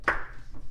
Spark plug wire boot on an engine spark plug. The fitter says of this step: you'll hear it pop right off